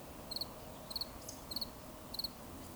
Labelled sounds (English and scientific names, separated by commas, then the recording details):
Eurasian Woodcock (Scolopax rusticola) whistle
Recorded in Baden-Württemberg, Germany, on 11 June 2020 at 19:39 UTC
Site 24578, 122 m above sea level